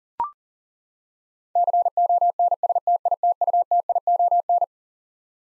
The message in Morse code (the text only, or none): CONSTITUTION